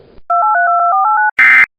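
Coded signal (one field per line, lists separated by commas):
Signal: DTMF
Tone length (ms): 140 ms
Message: 2832489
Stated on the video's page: Simulated Amber Alert EAS scenario, not real.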